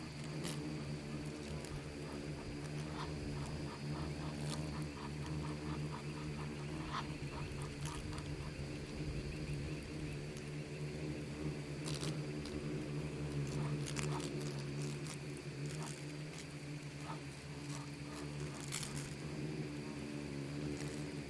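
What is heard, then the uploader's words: Insects swarm in the Namib desert with a dense, steady low drone and buzz, broken by occasional sharp clicks and ticks throughout. Insects swarming in the Namib desert. Bugs and beetles swarming.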